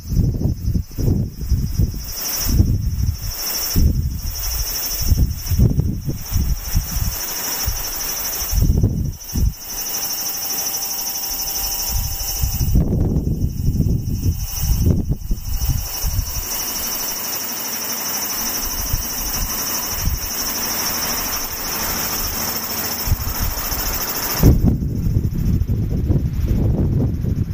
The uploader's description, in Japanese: セミ風音